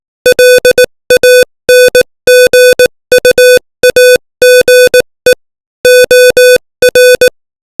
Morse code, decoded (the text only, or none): LANGUAGE OR